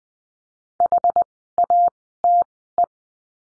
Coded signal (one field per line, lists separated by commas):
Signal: Morse code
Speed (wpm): 20 wpm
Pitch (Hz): 700 Hz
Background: none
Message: HATE